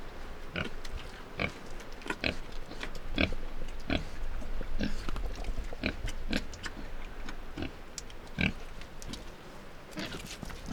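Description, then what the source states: Pig grunting steadily, short rough snorts and grunts coming irregularly throughout. Two pigs grunting and squealing by the river at Iruya, Northwest Argentina.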